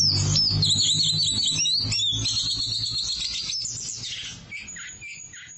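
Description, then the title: Oriental magpie-robin pouring out rapid, high, varied chattering and whistles that ease into softer slurred notes, with a constant low droning hum behind. "Suara Kicauan Burung Kacer"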